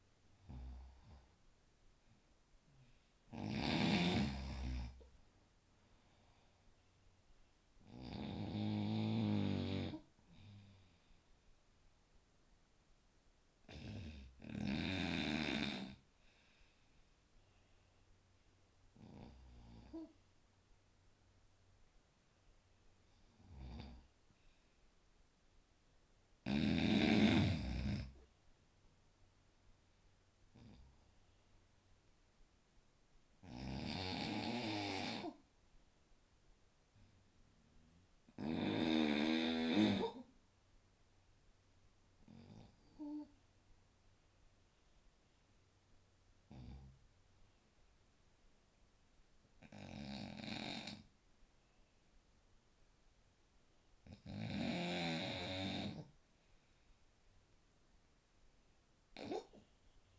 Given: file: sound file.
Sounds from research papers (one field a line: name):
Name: Snoring epoch with irregular intensity